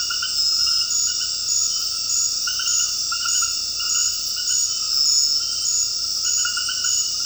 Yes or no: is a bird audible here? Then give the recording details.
no. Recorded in dense forest near Puerto Asís, Putumayo, Colombia, on 19 February 2024 at 22:00. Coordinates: 0.481, -76.318. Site G6421